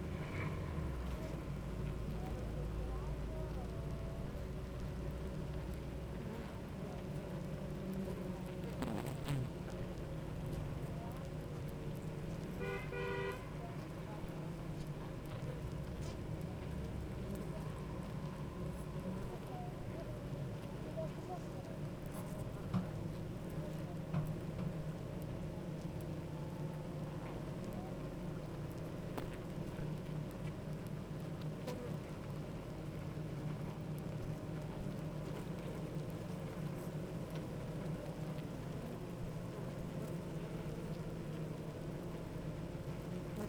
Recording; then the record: honeybee colony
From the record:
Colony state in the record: active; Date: 28 July 2017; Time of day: 9:10